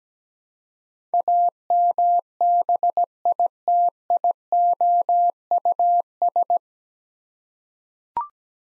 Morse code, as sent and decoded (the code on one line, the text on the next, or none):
.- -- -... .. - .. --- ..- ...
AMBITIOUS